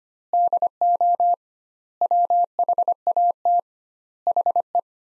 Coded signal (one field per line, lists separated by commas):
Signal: Morse code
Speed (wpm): 25 wpm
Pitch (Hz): 700 Hz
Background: none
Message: DO WHAT HE